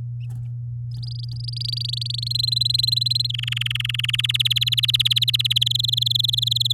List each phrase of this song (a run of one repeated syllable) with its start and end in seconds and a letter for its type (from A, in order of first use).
0.91-2.28 A, 2.30-3.27 B, 3.29-4.21 C, 4.23-5.58 D, 5.61-6.73 E